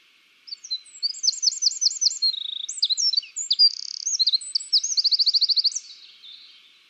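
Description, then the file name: Eurasian wren song: a loud, rapid, high-pitched outpouring of varied notes and trills lasting about five seconds, ending in a fast rattling trill. "Troglodytes troglodytes"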